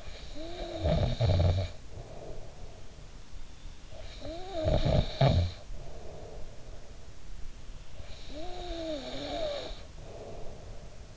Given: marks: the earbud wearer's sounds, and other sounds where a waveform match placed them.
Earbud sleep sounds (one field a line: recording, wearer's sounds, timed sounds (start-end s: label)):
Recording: sounds in sleep by an in-ear microphone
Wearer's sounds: snoring breath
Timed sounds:
0.00-2.98 s: snoring breath
3.86-7.01 s: snoring breath
7.95-11.17 s: snoring breath